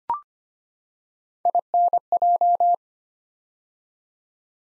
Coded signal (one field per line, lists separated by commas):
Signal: Morse code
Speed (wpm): 25 wpm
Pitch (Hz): 700 Hz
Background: none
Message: INJ